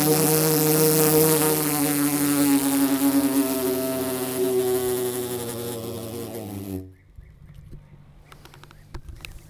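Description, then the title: Bumblebee giving a loud, sustained droning buzz with rich harmonics for about seven seconds, then stopping abruptly, leaving faint clicks and quiet background. Bumblebee trapped inside a metal pole, struggling to get out; Blanca, Murcia, Spain; recorded with a Zoom H2. "Paraje Huerta de Arriba, 127, Blanca, Murcia, España - abejorro metálico"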